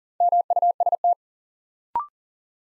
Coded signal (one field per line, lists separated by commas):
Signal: Morse code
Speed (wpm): 40 wpm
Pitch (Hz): 700 Hz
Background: none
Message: MUST